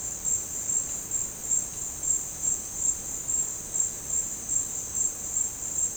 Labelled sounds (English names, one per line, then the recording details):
none
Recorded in dense forest near Puerto Asís, Putumayo, Colombia, on 13 March 2025 at 16:00
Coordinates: 0.467, -76.328
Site G041